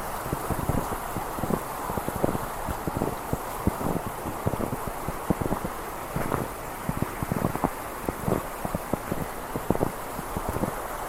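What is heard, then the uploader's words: Snow crunches in quick, irregular bursts of footsteps throughout, sharp little clicks packed closely together without a steady rhythm. Beneath them runs a continuous rushing hiss of wind and flowing water, fairly even in level from start to finish. This is a recording of a walk along a snowy river. You can hear the crunch of snow under your feet, the sound of the river, and the sound of the wind blowing.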